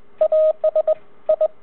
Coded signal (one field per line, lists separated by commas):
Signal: Morse code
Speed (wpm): 22 wpm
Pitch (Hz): 620 Hz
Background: radio noise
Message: AS I